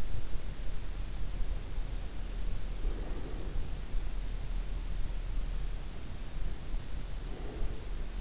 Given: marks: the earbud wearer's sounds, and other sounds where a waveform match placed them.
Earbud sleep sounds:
sounds in sleep by an in-ear microphone; breath
2.81-3.85 s: breath
7.16-7.97 s: breath

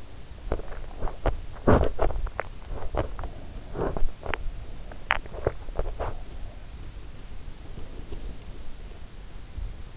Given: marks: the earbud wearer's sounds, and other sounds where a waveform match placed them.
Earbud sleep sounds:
sounds in sleep by an in-ear microphone; body movement, teeth grinding
0.00-8.83 s: body movement
2.27-2.77 s: teeth grinding
4.12-6.39 s: teeth grinding

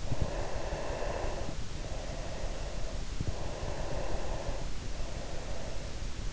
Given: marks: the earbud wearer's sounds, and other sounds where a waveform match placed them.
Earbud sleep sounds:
sounds in sleep by an in-ear microphone; breath
0.00-3.25 s: breath
3.64-6.11 s: breath

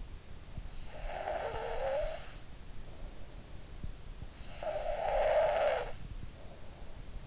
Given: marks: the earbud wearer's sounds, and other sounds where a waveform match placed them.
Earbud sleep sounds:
sounds in sleep by an in-ear microphone; snoring breath
0.67-2.61 s: snoring breath
4.27-6.55 s: snoring breath

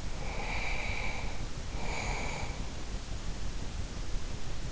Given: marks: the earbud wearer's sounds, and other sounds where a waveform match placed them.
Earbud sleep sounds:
sounds in sleep by an in-ear microphone; breath
0.11-2.64 s: breath

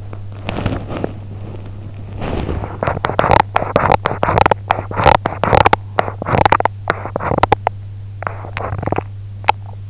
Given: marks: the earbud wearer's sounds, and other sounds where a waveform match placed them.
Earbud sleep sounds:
sounds in sleep by an in-ear microphone; body movement, teeth grinding
0.00-2.77 s: body movement
2.83-7.82 s: teeth grinding
8.15-9.77 s: teeth grinding

